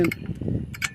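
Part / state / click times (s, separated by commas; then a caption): rear brake pad clip into caliper / seated / 0.8 s, 0.9 s. A rear brake pad for a 2004-2009 Ford F-150 2WD is slid into the caliper by its spring clip, with the clip facing the top, while someone talks. Sharp clicks at 0.8 s and 0.9 s mark the clip snapping and the pad seating into place.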